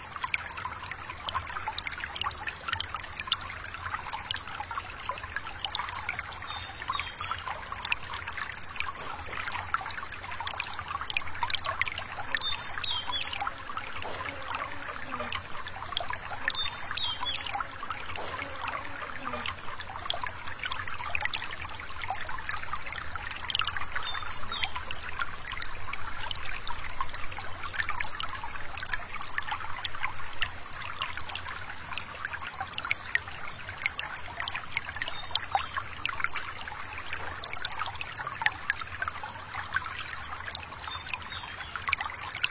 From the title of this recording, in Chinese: 寂静的林溪畔，有一只蜜蜂飞过